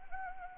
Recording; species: mosquito wingbeat signal from an infrared sensor; Anopheles arabiensis